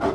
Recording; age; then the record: pig call; growing-finishing pig (85 days or more)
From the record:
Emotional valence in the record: positive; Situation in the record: run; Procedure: transit